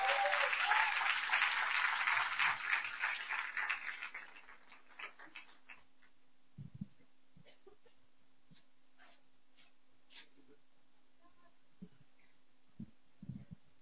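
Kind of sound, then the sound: crowd, audience applause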